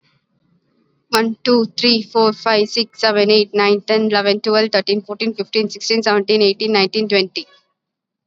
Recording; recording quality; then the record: counting at a fast pace; excellent, no background noise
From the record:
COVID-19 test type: RT-PCR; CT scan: not taken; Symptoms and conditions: none ticked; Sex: female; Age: 21 years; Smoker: no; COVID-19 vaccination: both doses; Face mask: worn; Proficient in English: yes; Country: India